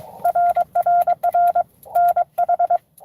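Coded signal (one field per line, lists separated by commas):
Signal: Morse code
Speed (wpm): 23 wpm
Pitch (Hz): 700 Hz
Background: none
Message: RRR NH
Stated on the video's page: Live Parks on the Air CW activation for a 12 days of Christmas event.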